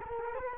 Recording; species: mosquito wingbeat signal from an infrared sensor; Culex quinquefasciatus